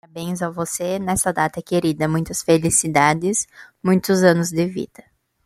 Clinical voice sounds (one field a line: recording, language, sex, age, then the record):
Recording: short text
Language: Brazilian Portuguese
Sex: male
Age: 20 to 29 years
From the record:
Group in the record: control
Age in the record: 24 years